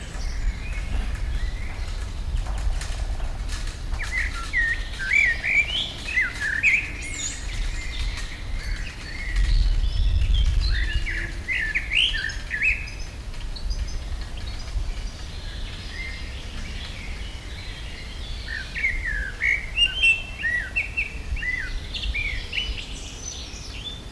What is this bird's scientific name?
Turdus merula